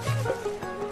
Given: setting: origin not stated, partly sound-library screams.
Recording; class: one-second piece from a danger detection set; normal situation